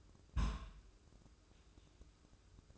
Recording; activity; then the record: daily activity, microphone in the room; place on stove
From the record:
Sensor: 2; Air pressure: 995.3 hPa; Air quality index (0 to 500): 78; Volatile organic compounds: 3 ppm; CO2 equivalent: 1395 ppm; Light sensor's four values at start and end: 22/73/29/27 and 22/73/29/27